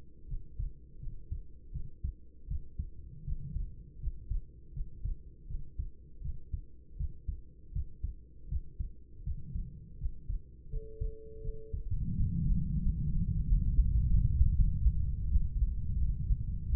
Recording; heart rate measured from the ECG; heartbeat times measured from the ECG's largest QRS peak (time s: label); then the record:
heart sounds by stethoscope; 84 bpm
0.26 s: heartbeat
0.98 s: heartbeat
1.71 s: heartbeat
2.47 s: heartbeat
3.23 s: heartbeat
3.98 s: heartbeat
4.72 s: heartbeat
5.46 s: heartbeat
6.20 s: heartbeat
6.96 s: heartbeat
7.71 s: heartbeat
8.47 s: heartbeat
9.22 s: heartbeat
9.97 s: heartbeat
10.68 s: heartbeat
11.40 s: heartbeat
12.12 s: heartbeat
12.81 s: heartbeat
13.44 s: heartbeat
14.07 s: heartbeat
14.53 s: heartbeat
15.29 s: heartbeat
15.95 s: heartbeat
16.67 s: heartbeat
From the record:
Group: healthy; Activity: rest 0-11 s, breath hold 11-17 s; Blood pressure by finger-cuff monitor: 94/53 mmHg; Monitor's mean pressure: 67 mmHg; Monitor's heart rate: 81 bpm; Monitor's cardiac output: 7.1 L/min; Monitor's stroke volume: 87 mL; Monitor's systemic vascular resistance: 670 dyn s/cm5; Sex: female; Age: 26 years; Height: 165 cm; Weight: 55 kg